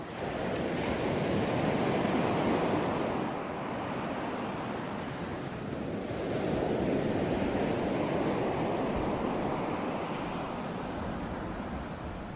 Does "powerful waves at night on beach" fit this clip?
yes